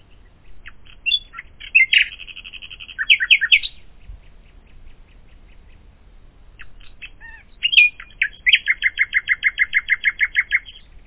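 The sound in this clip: Common nightingale singing two varied phrases, each with sharp whistled notes leading into fast rattling runs of repeated notes, separated by a quiet gap.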